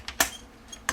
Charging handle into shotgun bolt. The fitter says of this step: you just press and twist until you hear a click